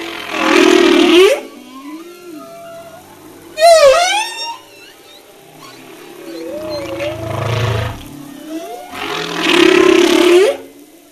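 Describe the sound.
Humpback whale song, repeating loud harsh cries with upsweeps, a high trilling wail, wavering moans and a low rumble.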